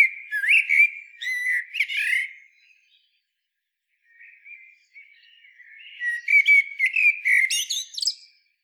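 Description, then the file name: Common blackbird giving two song phrases, each of fluty whistles finished with high squeaky notes, separated by a pause. "Turdus merula"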